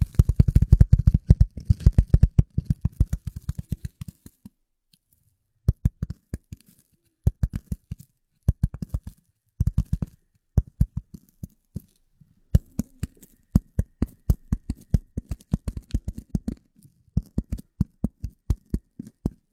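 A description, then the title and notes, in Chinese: Knocking sounds: sharp, dry taps struck in quick bursts. The first few seconds bring a dense, rapid run of strong low thuds; after a brief pause at around five seconds, shorter irregular clusters of taps return every second or two until the end, with nothing else heard between them. 舒缓解压的敲击音。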